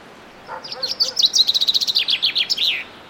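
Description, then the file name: Common chaffinch song: a few lower notes at the start, then a rapid run of bright, high notes ending in a short downward flourish. "Fringilla coelebs"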